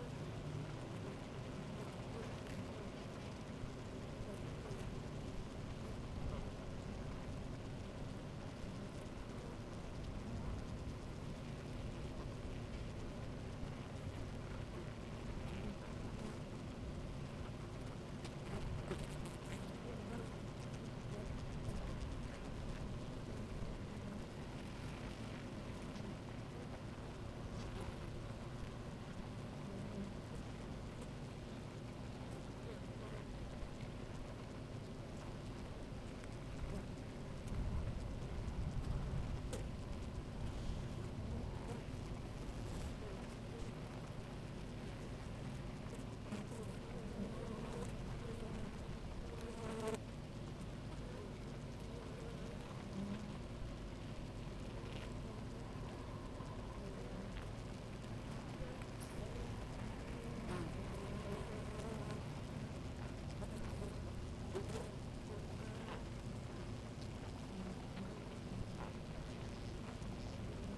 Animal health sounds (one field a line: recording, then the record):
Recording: honeybee colony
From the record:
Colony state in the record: active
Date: 28 July 2017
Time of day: 10:38